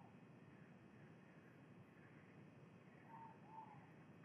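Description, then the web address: Ivory-breasted pitta heard as two quick low whistled notes near the end, faint against a continuous low rumbling background. Recorded in Indonesia. "ULM-DS-Lab indonesian-bird-sounds. Pitta maxima"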